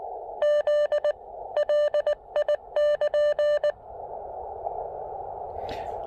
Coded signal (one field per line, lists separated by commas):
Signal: Morse code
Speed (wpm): 20 wpm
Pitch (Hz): 590 Hz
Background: none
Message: Z LI<KN>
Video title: POTA with 500 milliwatts CW and 10 watts SSB using the Elecraft KX2 and PackTenna Random Wire!